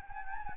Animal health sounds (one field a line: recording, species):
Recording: mosquito wingbeat signal from an infrared sensor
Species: Anopheles gambiae